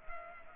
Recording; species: mosquito wingbeat signal from an infrared sensor; Culex pipiens